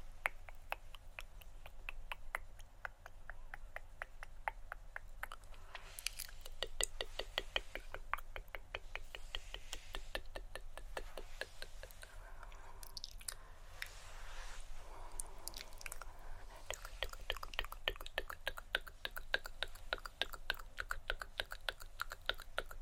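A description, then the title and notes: Dense, rapid mouth clicks and tongue taps patter almost continuously, with brief rustling hand movements and short hissy shoops, over a steady low hum. ASMR Hand Movements With Assorted Mouth Sounds (Tongue Clicking, Shoop, TkTk).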